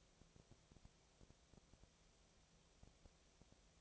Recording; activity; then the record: daily activity, microphone in the room; no activity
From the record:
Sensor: 1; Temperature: 19.6 degrees Celsius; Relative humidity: 36.5%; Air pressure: 997.1 hPa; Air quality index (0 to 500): 204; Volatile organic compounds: 129 ppm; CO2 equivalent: 3922 ppm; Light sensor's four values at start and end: 1/2/1/1 and 1/2/1/1